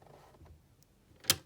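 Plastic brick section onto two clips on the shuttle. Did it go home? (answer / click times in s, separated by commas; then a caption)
yes / 1.3 s. A plastic brick section is pushed up onto two small clips on a shuttle. After faint handling rustles and a tiny tick near 0.8 seconds, a sharp, bright click at 1.3 seconds marks the section seating onto the clips.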